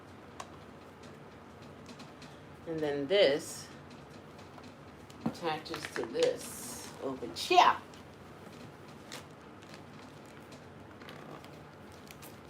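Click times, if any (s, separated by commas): none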